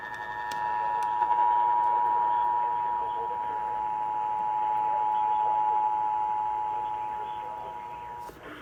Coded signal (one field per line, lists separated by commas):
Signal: Emergency Alert System (SAME) tones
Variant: 853 and 960 Hz attention tone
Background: speech